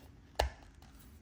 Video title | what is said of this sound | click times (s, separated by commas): CAPTAIN CARROT McFARLANE COLLECTOR EDITION UNBOXING! 40 Years of Waiting! | pops right in and there you have a little stand | 0.4 s